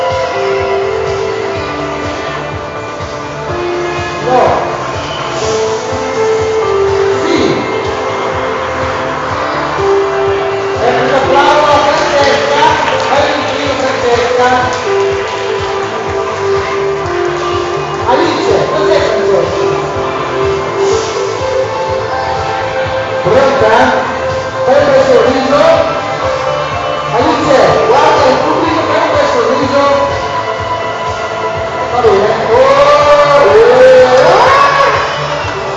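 Noisy shopping-centre commotion during a soap-bubble workshop: a dense, steady babble of overlapping voices, with children's bright shouts and squeals rising often, especially around the middle and near the end. A low rumble underlies it throughout, and sustained tones hum beneath the crowd.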